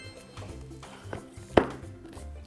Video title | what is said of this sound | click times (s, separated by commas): DOOMOO : Présentation du Pouf Seat'n Swing par Marie | on entend un clic c'est que il est bien introduit dans le dans le connecteur en plastique | 1.6 s